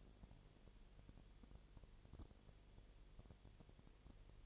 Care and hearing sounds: daily activity, microphone in the room; no activity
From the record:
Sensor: 4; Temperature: 22.7 degrees Celsius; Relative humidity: 32.0%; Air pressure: 1008.1 hPa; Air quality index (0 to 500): 113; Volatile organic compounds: 2 ppm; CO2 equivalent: 1100 ppm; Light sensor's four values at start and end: 2/3/1/1 and 2/3/1/1

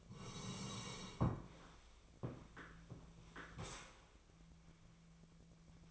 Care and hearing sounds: daily activity, microphone in the room; sit down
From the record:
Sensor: 1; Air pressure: 1000.5 hPa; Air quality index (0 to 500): 176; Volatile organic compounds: 4 ppm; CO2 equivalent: 1628 ppm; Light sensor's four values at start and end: 14/34/14/16 and 14/34/14/16

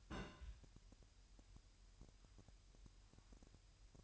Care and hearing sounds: daily activity, microphone in the room; place on stove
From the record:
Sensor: 2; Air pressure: 1001.8 hPa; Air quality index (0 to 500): 243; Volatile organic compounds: 33 ppm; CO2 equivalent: 3016 ppm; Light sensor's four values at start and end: 5/11/4/5 and 5/11/4/5

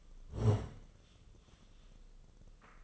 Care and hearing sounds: daily activity, microphone in the room; sit down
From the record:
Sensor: 4

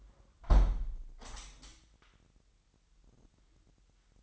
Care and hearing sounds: daily activity, microphone in the room; close window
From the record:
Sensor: 3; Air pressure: 998.0 hPa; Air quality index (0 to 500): 146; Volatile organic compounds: 5 ppm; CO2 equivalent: 1748 ppm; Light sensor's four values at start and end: 13/39/16/14 and 13/39/15/14

